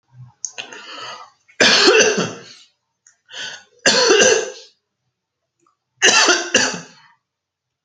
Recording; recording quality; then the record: heavy voluntary cough; excellent, no background noise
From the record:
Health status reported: healthy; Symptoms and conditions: none ticked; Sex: male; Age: 35 years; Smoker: not ticked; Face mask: not worn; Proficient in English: yes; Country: India